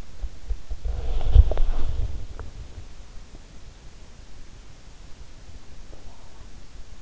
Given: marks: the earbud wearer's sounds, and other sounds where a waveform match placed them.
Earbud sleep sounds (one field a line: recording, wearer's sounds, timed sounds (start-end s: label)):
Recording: sounds in sleep by an in-ear microphone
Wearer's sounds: body movement, teeth grinding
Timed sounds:
0.00-3.99 s: body movement
1.33-2.67 s: teeth grinding
5.30-6.60 s: teeth grinding